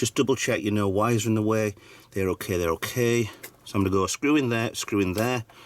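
A model kit section is being handled as it goes into a starship model assembly, the Enterprise D (Fanhome/Eaglemoss/Hero Collector), on its way to being pushed onto its mounting and then screwed in. Someone talks throughout, with brief pauses between phrases and no distinct sharp sounds. Nothing has seated or clicked into place yet.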